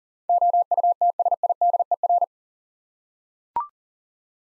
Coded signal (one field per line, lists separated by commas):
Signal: Morse code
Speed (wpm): 39 wpm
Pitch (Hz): 700 Hz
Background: none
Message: OUTSIDER